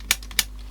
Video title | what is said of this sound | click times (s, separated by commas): Boombox Bonanza 33: Samsung RCD1300 | Get it into the 2 little holes and then slide it upwards and it click, you can hear it go click. | 0.1 s, 0.4 s